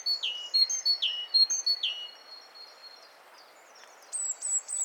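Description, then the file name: Great tit calls: a run of falling chirps and short flat whistles, fading to quiet, then three crisp high notes at the end. "Parus major"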